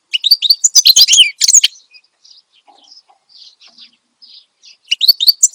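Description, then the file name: Finch song opening with a burst of busy high chirps, then soft scattered notes, then another lively burst at the end. Energetic, lively finch song presented as a tutor recording for training captive songbirds (masteran). "Suara Kicauan Burung Finch Gacor Dor Cocok Untuk Masteran"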